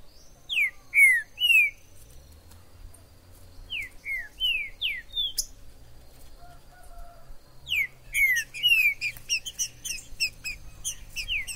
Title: TRINCA Piando, Cantando E Macheando Na DISPUTA. TRINCA FERRO no MATO. Trinca ferro MAJOR no MATO